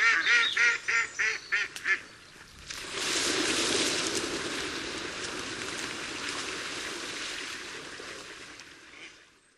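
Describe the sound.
Mallard quacks, a quick run of about six nasal, harmonic notes in the first two seconds, then a long broad rushing noise fills the rest.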